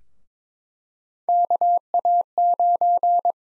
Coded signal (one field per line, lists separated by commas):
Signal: Morse code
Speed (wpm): 22 wpm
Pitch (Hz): 700 Hz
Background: none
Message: KA9